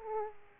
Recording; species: mosquito wingbeat signal from an infrared sensor; Aedes aegypti